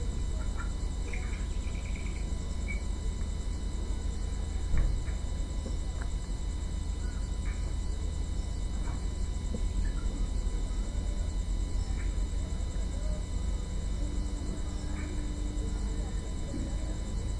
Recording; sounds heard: poultry house recording; healthy chickens